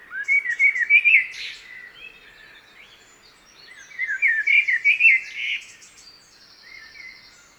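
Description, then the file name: Common blackbird singing two bursts of quick warbled notes a few seconds apart, with thin high buzzy notes around them. "Turdus merula"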